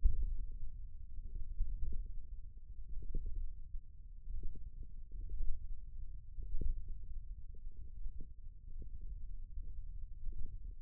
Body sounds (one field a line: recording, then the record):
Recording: forearm muscle sounds (acoustic myography)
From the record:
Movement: finger pinch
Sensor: system 1, eight BSWA MPA416 microphones around the upper forearm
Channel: 6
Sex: male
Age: 28 years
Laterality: right